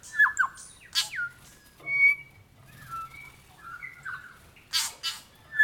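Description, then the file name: New Zealand bellbird song: clear whistled bell-like notes, some sliding downward, mixed with short sharp clicking bursts. "Nzbellbirdkorimako"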